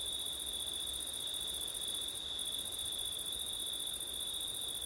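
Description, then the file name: Steady cricket song, a high even trill plus a shriller pulsed chorus that stops for a moment midway, light low noise below. Crickets on a September night in wind, recorded with an ORTF stereo setup. "crickets wind september night ortif"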